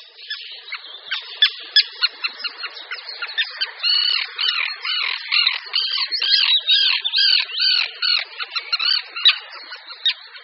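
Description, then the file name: Common tern calls: many harsh rasping notes tumbling over one another in a busy, uneven chatter. "Rybák-obecný"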